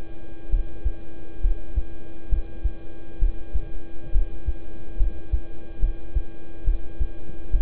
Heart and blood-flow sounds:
heart sounds by stethoscope; between the tricuspid and mitral areas; 68 bpm
0.50 s: heartbeat
1.41 s: heartbeat
2.29 s: heartbeat
3.19 s: heartbeat
4.12 s: heartbeat
4.97 s: heartbeat
5.80 s: heartbeat
6.64 s: heartbeat
7.51 s: heartbeat
From the record:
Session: rest, lying down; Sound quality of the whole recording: good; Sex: male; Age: 26 years

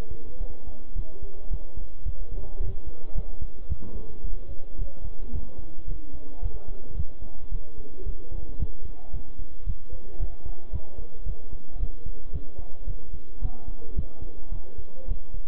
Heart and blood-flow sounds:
heart sounds by stethoscope; between the tricuspid and mitral areas; 110 bpm
0.41 s: heartbeat
0.96 s: heartbeat
1.51 s: heartbeat
2.06 s: heartbeat
2.60 s: heartbeat
3.15 s: heartbeat
3.69 s: heartbeat
4.24 s: heartbeat
4.79 s: heartbeat
5.33 s: heartbeat
5.88 s: heartbeat
6.42 s: heartbeat
6.97 s: heartbeat
7.52 s: heartbeat
8.06 s: heartbeat
8.60 s: heartbeat
9.13 s: heartbeat
9.66 s: heartbeat
10.20 s: heartbeat
10.73 s: heartbeat
11.26 s: heartbeat
11.80 s: heartbeat
12.33 s: heartbeat
12.87 s: heartbeat
13.42 s: heartbeat
13.96 s: heartbeat
14.52 s: heartbeat
15.08 s: heartbeat
From the record:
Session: bicycle stress test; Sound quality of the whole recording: good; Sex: male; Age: 23 years

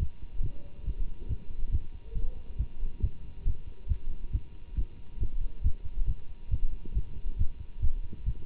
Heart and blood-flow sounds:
heart sounds by stethoscope; between the tricuspid and mitral areas; 138 bpm
0.42 s: heartbeat
0.85 s: heartbeat
1.28 s: heartbeat
1.71 s: heartbeat
2.14 s: heartbeat
2.58 s: heartbeat
3.01 s: heartbeat
3.45 s: heartbeat
3.88 s: heartbeat
4.32 s: heartbeat
4.76 s: heartbeat
5.19 s: heartbeat
5.63 s: heartbeat
6.07 s: heartbeat
6.50 s: heartbeat
6.94 s: heartbeat
7.38 s: heartbeat
7.81 s: heartbeat
8.25 s: heartbeat
From the record:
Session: Bruce protocol treadmill stress test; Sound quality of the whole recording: good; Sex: male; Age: 24 years

